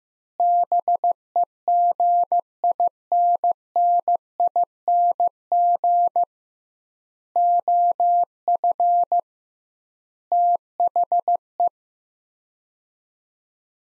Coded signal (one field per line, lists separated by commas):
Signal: Morse code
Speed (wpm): 15 wpm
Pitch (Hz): 700 Hz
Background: none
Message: BEGINNING OF THE